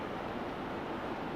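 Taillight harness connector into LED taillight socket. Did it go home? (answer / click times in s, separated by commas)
no / none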